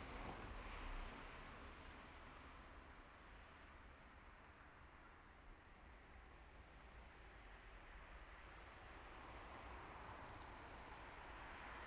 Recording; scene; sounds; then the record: everyday scene through a hearing-aid microphone; in traffic; traffic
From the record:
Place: main road on the outskirts, rush hour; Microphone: behind the ear, left, front